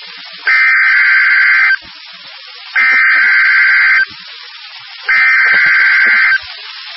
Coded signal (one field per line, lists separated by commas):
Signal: Emergency Alert System (SAME) tones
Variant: header bursts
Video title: EAS Alert #206-214